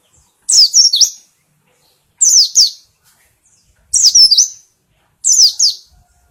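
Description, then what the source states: White-eye singing four short, high, three-note descending phrases with short quiet gaps between. Compilation of white-eye singing in the styles called ngalas and ngeroll.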